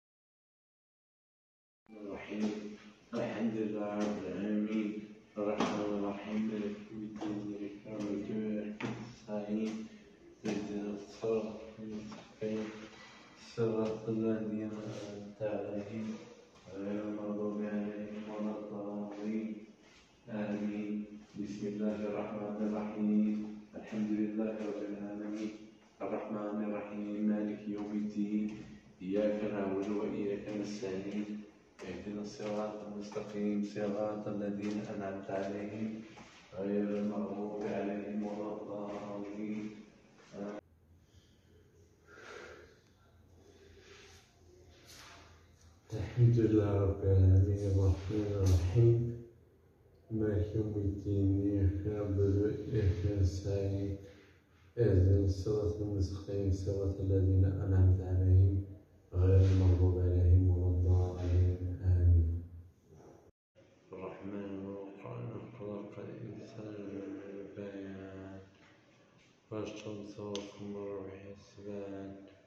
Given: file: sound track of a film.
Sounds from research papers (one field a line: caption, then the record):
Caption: A five-day course of intravenous methylprednisolone led to the resolution of dystonic paroxysms; however, 10 days later, the patient developed recurrent episodes of paroxysmal dysarthria-ataxia and left ptosis, lasting less than a minute and triggered by hyperventilation.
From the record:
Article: Paroxysmal motor signs in multiple sclerosis: an illustrative videotaped case